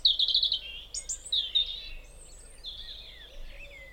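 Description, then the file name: European robin song: a run of high, varied whistled and trilled notes, louder at first, fading into softer warbling phrases over faint background noise. "Erithacus rubecula"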